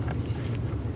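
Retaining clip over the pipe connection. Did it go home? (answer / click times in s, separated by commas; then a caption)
no / none. A retaining clip is handled as it goes back on over the pipe connection on a 2010-16 Buick Lacrosse during an ignition coil replacement. Over a steady low rumble, two faint brief ticks of handling are heard near 0.1 s and 0.6 s. Nothing has seated or clicked yet.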